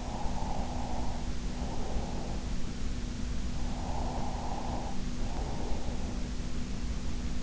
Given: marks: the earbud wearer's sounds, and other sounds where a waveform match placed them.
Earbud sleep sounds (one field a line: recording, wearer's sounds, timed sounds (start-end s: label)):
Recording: sounds in sleep by an in-ear microphone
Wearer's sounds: breath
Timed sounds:
0.00-2.45 s: breath
3.64-6.36 s: breath